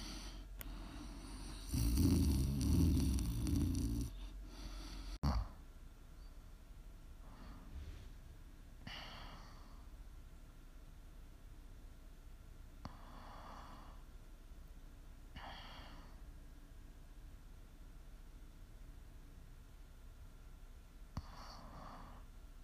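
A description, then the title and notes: Soft, breathy snoring sounds come every few seconds after a loud rustling, rumbling stretch that fills the first five seconds and ends with a sharp bump. Between the airy snores the background is quiet, with a faint steady hum and a small click near the end. ASMR snoring.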